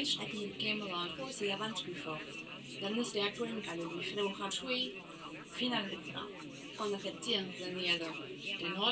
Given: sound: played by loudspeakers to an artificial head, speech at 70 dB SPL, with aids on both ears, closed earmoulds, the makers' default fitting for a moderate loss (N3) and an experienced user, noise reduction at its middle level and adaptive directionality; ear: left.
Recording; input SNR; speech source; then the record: speech test signal (ISTS) in cocktail-party noise; +6 dB; on the right (90 degrees)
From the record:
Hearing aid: class 1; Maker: C